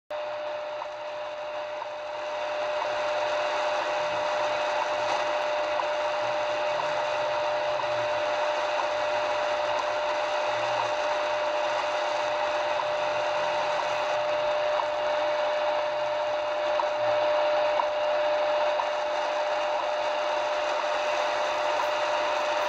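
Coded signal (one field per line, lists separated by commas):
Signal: radio time signal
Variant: WWV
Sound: steady mid-pitched tone under loud shortwave hiss, faint clicks possibly present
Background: radio static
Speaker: nice reception of WWV on three frequencies try 25 but see it's propagation is not there for 25 megahertz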